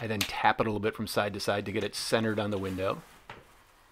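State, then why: Not seated. Someone talks while handling a plastic tilt wand for Home Decorators Collection 2 in faux wood blinds, to be pushed onto the tilt mechanism hook in the blind's headrail. After the talking stops, brief faint handling knocks come at about 3.3 and 3.9 seconds. The wand has not snapped into place yet; nothing has seated or clicked.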